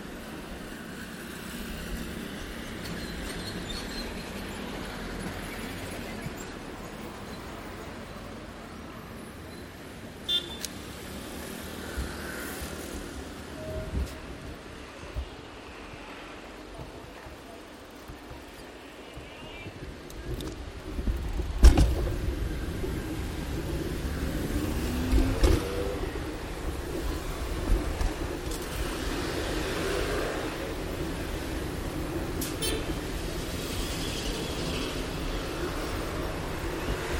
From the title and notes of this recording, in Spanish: Paisaje Sonoro Centro Centro de Bogotá en Bicicleta. Grabado en bicicleta.